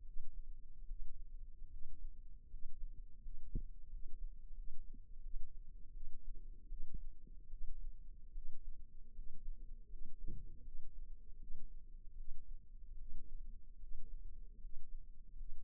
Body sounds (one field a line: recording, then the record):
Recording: forearm muscle sounds (acoustic myography)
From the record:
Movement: rest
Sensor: system 2, bracelet of six BSWA MPA416 microphones around the upper forearm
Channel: 3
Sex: female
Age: 23 years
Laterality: right